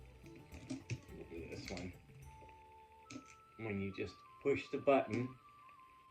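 Someone talks while handling a pair of metal handcuffs, reaching for the arming button that sets them, with music playing underneath and a few faint short taps. Nothing has clicked in yet; the clip ends before the button seats and the cuffs are set.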